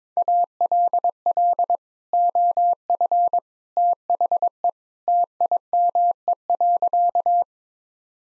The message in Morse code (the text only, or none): ALL OF THE TIME.